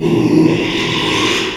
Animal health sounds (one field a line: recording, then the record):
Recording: squeal of a Yucatan mini pig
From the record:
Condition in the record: after surgery on the right vocal fold (resection and tissue-engineered implant)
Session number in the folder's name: 1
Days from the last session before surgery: 6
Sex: male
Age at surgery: 12 weeks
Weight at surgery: 13 kg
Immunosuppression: cyclosporine, prednisolone